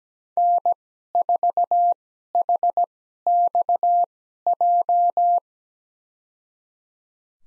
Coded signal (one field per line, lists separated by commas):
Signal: Morse code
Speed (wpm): 17 wpm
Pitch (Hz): 700 Hz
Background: none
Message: N4HXJ